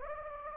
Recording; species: mosquito wingbeat signal from an infrared sensor; Anopheles gambiae